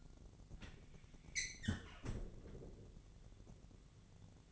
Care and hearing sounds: daily activity, microphone in the room; close fridge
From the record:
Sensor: 4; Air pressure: 1000.8 hPa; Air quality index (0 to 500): 134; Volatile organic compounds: 2 ppm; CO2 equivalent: 995 ppm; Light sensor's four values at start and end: 26/61/25/27 and 27/65/27/29

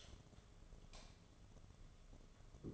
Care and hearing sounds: daily activity, microphone in the room; light on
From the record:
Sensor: 4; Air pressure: 1011.1 hPa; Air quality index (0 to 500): 145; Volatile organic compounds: 3 ppm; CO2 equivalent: 1488 ppm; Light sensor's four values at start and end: 165/430/182/189 and 165/429/182/189

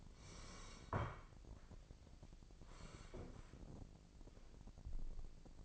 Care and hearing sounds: daily activity, microphone in the room; sit down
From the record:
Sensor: 5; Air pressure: 1012.4 hPa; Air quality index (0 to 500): 162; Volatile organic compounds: 2 ppm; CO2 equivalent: 1104 ppm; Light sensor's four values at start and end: 267/635/273/304 and 265/632/271/301

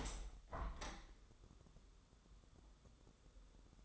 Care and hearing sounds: daily activity, microphone in the room; open window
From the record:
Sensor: 3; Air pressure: 1014.8 hPa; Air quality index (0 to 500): 76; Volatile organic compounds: 2 ppm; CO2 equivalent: 1023 ppm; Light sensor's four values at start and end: 9/22/9/9 and 10/22/9/9

